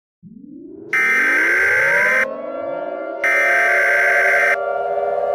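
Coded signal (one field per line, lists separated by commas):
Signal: Emergency Alert System (SAME) tones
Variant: header bursts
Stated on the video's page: Fictional Emergency Alert System scenario about a hurricane, not a real broadcast.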